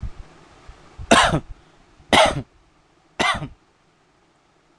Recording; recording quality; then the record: shallow voluntary cough; excellent, no background noise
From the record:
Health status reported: healthy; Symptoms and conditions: none ticked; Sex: male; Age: 31 years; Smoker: yes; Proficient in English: yes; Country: India